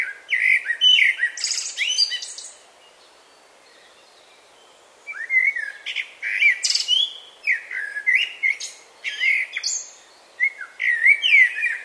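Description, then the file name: Common blackbird song: fluty notes mixed with thin, high squeaks, in phrases broken by a silent stretch of over two seconds and a shorter pause near the end. "Turdus merula"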